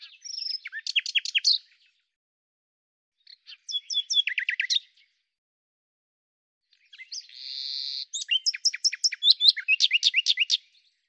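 Common nightingale song in three phrases separated by pauses, made of fast runs of sharp repeated notes; the last phrase is longest and opens with a steady whistled note.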